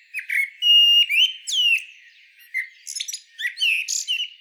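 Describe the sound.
Common Blackbird giving a short run of clear whistled notes and rising squeaky twitters, with a brief pause before a final warbled burst.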